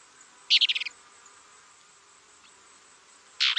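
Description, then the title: Plain-crested elaenia song: a quick rapid rattle of about six notes, then a buzzy burst near the end, over constant high-pitched insect noise. "LuckyPassaro Completos2Sama. Plain-crested Elaenia (Elaenia cristata)"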